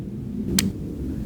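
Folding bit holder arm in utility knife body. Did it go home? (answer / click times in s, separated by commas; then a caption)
yes / 0.6 s. The fold-out bit holder arm on a Milwaukee Fastback utility knife is swung into the knife body's 90-degree position, giving a single short, sharp click at 0.6 s over a low background hum. The arm seats into the detent there, which holds it in place but does not lock it.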